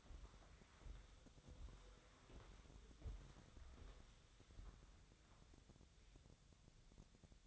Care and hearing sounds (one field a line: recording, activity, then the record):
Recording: daily activity, microphone in the room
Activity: walk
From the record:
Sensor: 3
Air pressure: 1015.2 hPa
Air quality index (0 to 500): 133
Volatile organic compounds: 6 ppm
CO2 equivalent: 1879 ppm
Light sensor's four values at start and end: 15/38/15/16 and 14/37/15/16